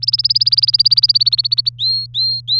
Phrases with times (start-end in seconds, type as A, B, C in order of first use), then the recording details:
0.02-1.70 A, 1.78-2.60 B. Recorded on 24 April 2018 at 13:42. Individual llb3